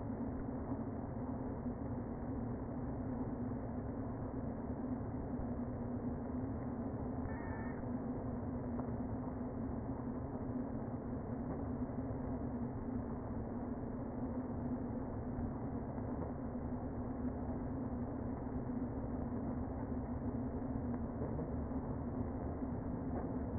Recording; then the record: honeybee colony, microphone inside the hive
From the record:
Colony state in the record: queen present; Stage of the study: before two queens were removed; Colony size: about 60,000 bees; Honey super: yes